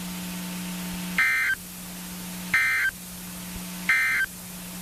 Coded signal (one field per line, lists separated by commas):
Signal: Emergency Alert System (SAME) tones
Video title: Central Texas Severe Weather Outbreak (3/22 & 3/23/21) EAS 1542-1564